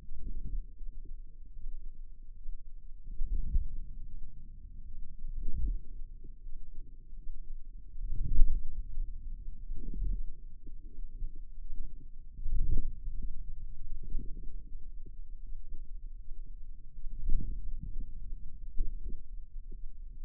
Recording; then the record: forearm muscle sounds (acoustic myography)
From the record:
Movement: ulnar deviation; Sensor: system 2, bracelet of six BSWA MPA416 microphones around the upper forearm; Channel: 4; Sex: female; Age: 23 years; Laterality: right